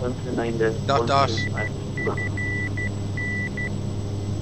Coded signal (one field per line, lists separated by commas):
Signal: Morse code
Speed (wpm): 12 wpm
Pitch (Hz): 2000 Hz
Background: speech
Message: IFN